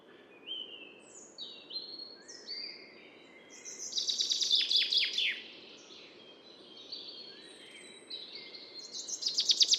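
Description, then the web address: Common chaffinch song: a quick series of repeated notes ending in a flourish, with another song starting at the end, among other bird notes over steady background noise. "Deverinetal 2025 File origin Bird Only Fr Co"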